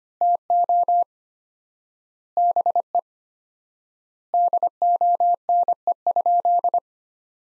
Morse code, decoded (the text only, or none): TO BE DONE?